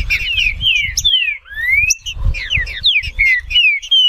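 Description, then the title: Green-winged saltator pouring out dense whistled phrases with long rising and falling slurs, nearly continuous, over low rumbling background noise. Trinca-ferro of the Nicão song style, recorded in the wild in the bush, singing in a contest with a free-living bird. "Trinca Ferro NICÃ O No Mato Disputando Com Solto"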